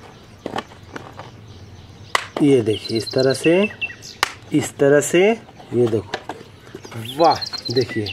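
A plastic windscreen/top part of a toy car is pressed onto the car body and its locks are engaged. A few small taps and knocks come first, then a sharp snap at 2.2 seconds as the part seats, while someone talks. The windscreen is now fitted to the car body.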